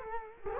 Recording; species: mosquito wingbeat signal from an infrared sensor; Culex quinquefasciatus